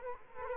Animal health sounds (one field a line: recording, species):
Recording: mosquito wingbeat signal from an infrared sensor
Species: Culex quinquefasciatus